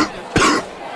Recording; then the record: coughing mixed with background sound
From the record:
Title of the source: Coughing 46